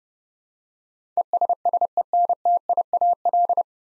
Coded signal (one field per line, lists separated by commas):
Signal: Morse code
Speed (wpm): 29 wpm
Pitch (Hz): 700 Hz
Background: none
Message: ESSENTIAL